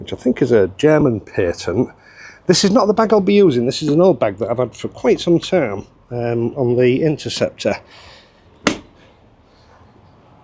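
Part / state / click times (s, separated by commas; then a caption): pannier bag mount onto motorcycle pannier rail / seated / 8.7 s. Someone talks while an old pannier bag is hung on the BSA OEM pannier rail of a BSA Gold Star motorcycle, a rack designed for the click-fix mounting system. The bag locks on with a single sharp click at 8.7 s and is seated very securely; the mount is also lockable.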